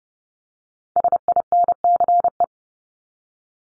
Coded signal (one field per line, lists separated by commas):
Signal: Morse code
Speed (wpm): 30 wpm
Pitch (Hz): 700 Hz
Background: none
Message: SINCE